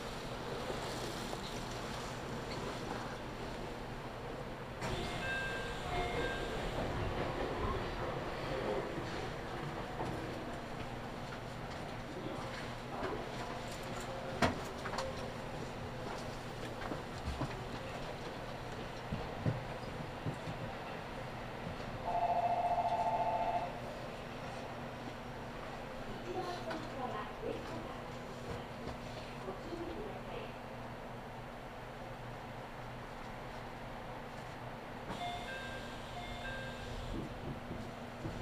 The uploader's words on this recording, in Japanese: 中央西線 普通 名古屋→高蔵寺 313系8000番台。座席は転換クロスシート、窓にはカーテンということで若干グレードが高いです。通勤ラッシュの折り返しになるので多少立つ人が出るくらいですね～。